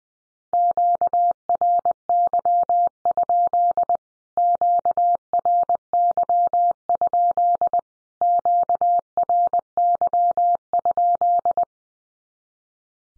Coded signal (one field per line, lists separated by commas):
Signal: Morse code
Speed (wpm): 20 wpm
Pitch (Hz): 700 Hz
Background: none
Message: QRY? QRY? QRY?